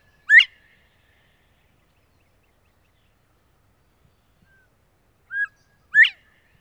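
Northern bobwhite whistled call: a sharp upslurred whistle, then a pause of about five seconds, then a short low note followed by another rising, emphatic whistle.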